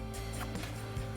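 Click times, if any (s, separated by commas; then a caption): none. The factory wiring harness plug is being handled at the connector of a new smoked Raxiom Axial Series Hyper Flash LED third brake light housing on a Jeep Wrangler JL. Faint handling rustles sit over a steady tonal background hum for about a second. Nothing has seated or clicked yet.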